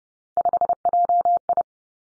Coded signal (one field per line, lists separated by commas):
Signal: Morse code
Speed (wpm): 30 wpm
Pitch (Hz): 700 Hz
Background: none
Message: 5JI